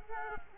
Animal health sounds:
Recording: mosquito wingbeat signal from an infrared sensor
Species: Culex quinquefasciatus

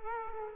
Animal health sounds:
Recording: mosquito wingbeat signal from an infrared sensor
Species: Culex quinquefasciatus

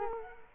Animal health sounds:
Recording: mosquito wingbeat signal from an infrared sensor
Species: Culex quinquefasciatus

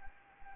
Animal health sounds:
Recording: mosquito wingbeat signal from an infrared sensor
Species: Anopheles arabiensis

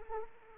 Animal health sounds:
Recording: mosquito wingbeat signal from an infrared sensor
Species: Anopheles arabiensis

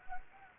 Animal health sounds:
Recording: mosquito wingbeat signal from an infrared sensor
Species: Anopheles gambiae

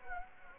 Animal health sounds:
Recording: mosquito wingbeat signal from an infrared sensor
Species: Anopheles gambiae

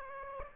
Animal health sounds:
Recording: mosquito wingbeat signal from an infrared sensor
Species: Aedes aegypti

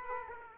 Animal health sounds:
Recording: mosquito wingbeat signal from an infrared sensor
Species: Aedes aegypti

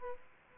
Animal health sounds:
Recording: mosquito wingbeat signal from an infrared sensor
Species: Aedes aegypti

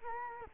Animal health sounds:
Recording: mosquito wingbeat signal from an infrared sensor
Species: Culex quinquefasciatus

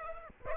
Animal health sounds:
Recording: mosquito wingbeat signal from an infrared sensor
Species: Aedes aegypti

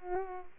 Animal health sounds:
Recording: mosquito wingbeat signal from an infrared sensor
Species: Culex pipiens

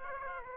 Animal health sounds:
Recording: mosquito wingbeat signal from an infrared sensor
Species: Aedes aegypti

